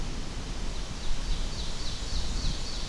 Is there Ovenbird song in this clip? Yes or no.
yes